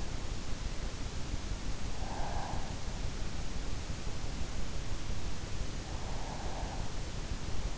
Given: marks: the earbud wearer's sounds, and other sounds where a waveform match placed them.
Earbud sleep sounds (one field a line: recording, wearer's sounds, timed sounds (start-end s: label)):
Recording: sounds in sleep by an in-ear microphone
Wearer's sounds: breath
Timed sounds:
1.76-3.08 s: breath